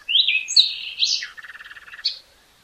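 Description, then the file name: Common nightingale phrase: a bright whistled slur, then a fast throbbing low rattle ending in a sharp note. "Luscinia megarhynchos"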